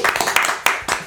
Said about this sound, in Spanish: Oye, felicitaciones a los muchachos. Buena, un aplauso a los cabros.